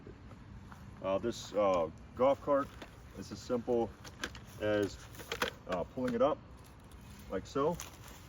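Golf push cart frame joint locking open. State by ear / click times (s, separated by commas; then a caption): not seated / none. Someone talks while pulling the folded frame of a KVV three-wheel golf push cart up to open it, with light handling rattles between the words. The clip ends before the frame's locking joint snaps into its open position, so nothing has seated or clicked yet.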